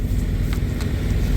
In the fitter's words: driving so when you put this back up make sure you really hear the Click